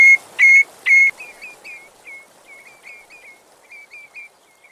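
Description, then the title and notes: Common redshank: three loud whistled notes open, followed by a rapid series of softer, quieter notes that continue to the end. Lovely peeping call given as they fly off; once a fairly common breeder, now less common; great winter visitors, heard on the coast, particularly in the south. "The aptly named - and sadly less frequently seen - redshank"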